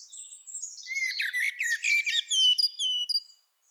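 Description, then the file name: Common blackbird giving a brief run of squeaky, twittering notes and thin whistles, ending in a few higher sliding tones. "Turdus merula"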